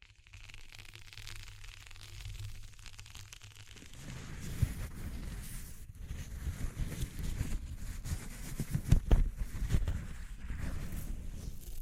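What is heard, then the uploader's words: ASMR texture exploration: the first four seconds are a quiet, steady low hum. Then dense, rumbling rubbing and scratching sounds take over and continue to the end, with sharp taps near 4.5, 6 and 9 seconds, loudest around the ninth second. ASMR Exploring Textures (No Talking).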